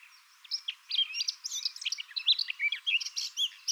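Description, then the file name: Eurasian blackcap song, a hurried jumble of high chattering and whistled notes, somewhat faint against a light background hiss. "Sylvia atricapilla"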